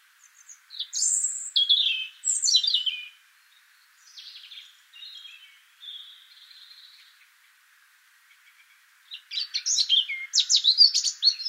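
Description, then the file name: European robin song with high descending twittered phrases, a few quieter sustained whistles, then a loud jumbled burst of notes at the end. "Erithacus rubecula"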